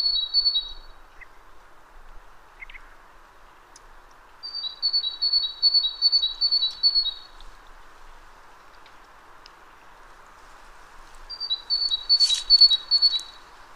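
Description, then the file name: Great tit giving three separate bursts of bright, high two-note phrases, each repeated rapidly several times, with quiet pauses and faint low noise between. "Parus major"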